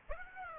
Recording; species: mosquito wingbeat signal from an infrared sensor; Aedes aegypti